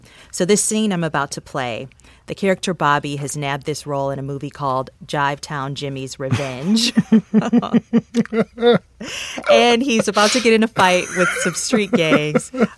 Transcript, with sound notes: So this scene I'm about to play, the character Bobby has nabbed this role in a movie called "Jive Time Jimmy's Revenge"...
(LAUGHTER)
And he's about to get in a fight with some street gangs.